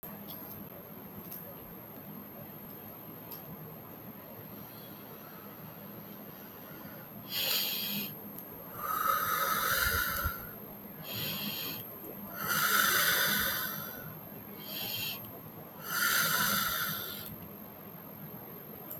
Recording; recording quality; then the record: shallow breathing; moderate, slight background noise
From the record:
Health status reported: healthy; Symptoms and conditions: cough, fatigue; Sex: male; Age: 38 years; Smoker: yes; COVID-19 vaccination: both doses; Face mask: not worn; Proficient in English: yes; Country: India